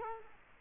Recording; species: mosquito wingbeat signal from an infrared sensor; Culex quinquefasciatus